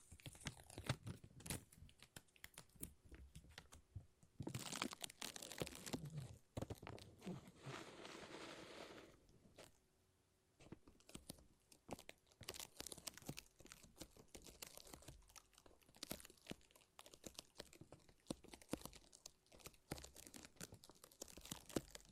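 Sticky tape and a lint roller make a busy run of crackling, peeling and crinkling sounds, with dense rapid clicks throughout. A louder, continuous tearing rasp stretches from about four to nine seconds, followed by a brief near-silent pause before the crackly peeling resumes.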